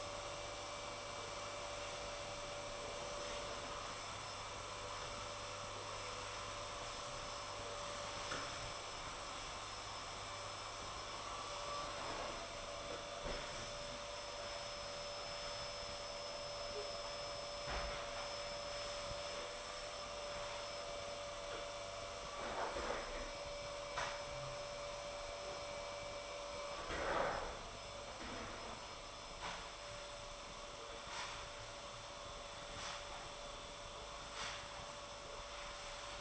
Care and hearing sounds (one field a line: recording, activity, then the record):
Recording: daily activity, microphone in the room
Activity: vacuum cleaning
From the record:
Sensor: 5